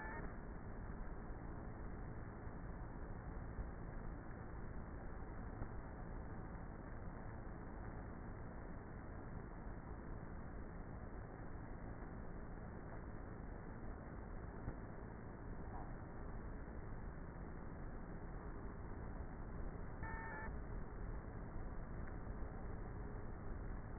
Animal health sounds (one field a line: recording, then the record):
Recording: honeybee colony, microphone inside the hive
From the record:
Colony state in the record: queenless with a low population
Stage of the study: before two queens were removed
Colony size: about 30,000 bees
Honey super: no